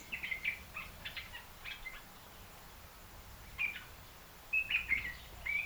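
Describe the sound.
African red-eyed bulbul calls, a burst of bubbly chirped phrases, a pause of about two seconds, then more quick liquid notes.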